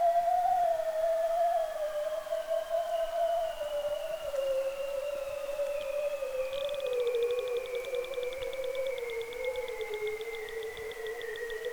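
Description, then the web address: Bearded seal producing a long warbling trill that descends gradually in pitch over more than ten seconds, with rich layered overtones. "Biodiversity of Marine Sound Bearded seal"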